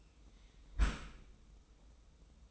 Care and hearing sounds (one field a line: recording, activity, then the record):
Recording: daily activity, microphone in the room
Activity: close dishwasher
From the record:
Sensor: 1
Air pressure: 990.4 hPa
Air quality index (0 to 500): 178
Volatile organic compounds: 1000 ppm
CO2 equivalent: 6536 ppm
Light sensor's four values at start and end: 24/56/24/26 and 24/56/24/26